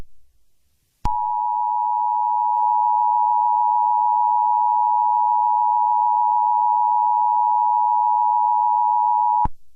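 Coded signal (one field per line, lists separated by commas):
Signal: Emergency Alert System (SAME) tones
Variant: 853 and 960 Hz attention tone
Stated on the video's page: Fictional Emergency Alert System scenario about a fire in Chicago, not a real alert.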